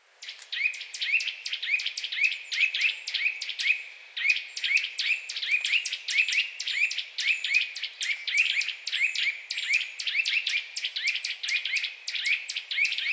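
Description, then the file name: Eurasian nuthatch calling, a fast continuous series of sharp high notes with a steady tonal band underneath, repeated several times a second with one brief break. "Sitta europaea"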